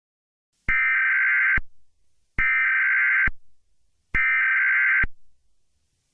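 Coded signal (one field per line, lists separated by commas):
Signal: Emergency Alert System (SAME) tones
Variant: header bursts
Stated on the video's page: Mock recreation of a Required Monthly Test for Long Island, New York.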